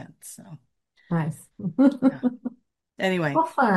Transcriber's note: laughs